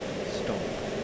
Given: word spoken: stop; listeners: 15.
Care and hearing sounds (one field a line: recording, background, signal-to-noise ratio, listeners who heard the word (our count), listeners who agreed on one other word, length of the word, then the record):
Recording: one English word in noise, from a listening test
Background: speech-shaped noise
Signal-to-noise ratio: -5.4 dB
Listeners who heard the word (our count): 1 of 15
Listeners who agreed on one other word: 8 of 15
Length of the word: 0.64 s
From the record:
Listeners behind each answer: 8, 1, 1, 1, 1, 1, 1, 1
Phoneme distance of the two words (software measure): 7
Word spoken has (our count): 1 syllable, 4 phonemes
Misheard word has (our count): 1 syllable, 5 phonemes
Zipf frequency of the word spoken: 5.55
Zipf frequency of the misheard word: 3.50